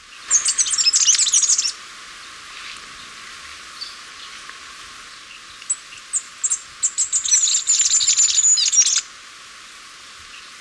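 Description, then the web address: Masked flowerpiercer song: two bursts of rapid, high, twittering notes, the first short and the second longer with a thin sliding whistle inside it, separated by quiet. Ecuador. "Birds of Ecuador. Masked Flowerpiercer"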